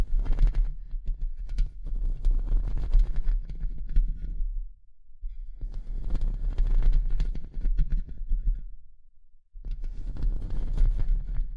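Tapping and scratching come in three dense bursts, roughly 0–4.5 s, 5.5–9.5 s and 10–12 s, full of quick crackly scrapes and sharp clicks. A steady low hum runs underneath throughout, and the gaps between bursts drop nearly silent.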